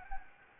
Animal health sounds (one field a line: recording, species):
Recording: mosquito wingbeat signal from an infrared sensor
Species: Anopheles gambiae